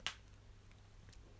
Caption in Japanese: この自粛生活とデスクワーク生活でひどい肩こりが。 パキッて言ったね。 肩が鳴った音。 ひでんだよ肩こりが。